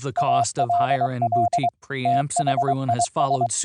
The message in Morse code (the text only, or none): ALL THIS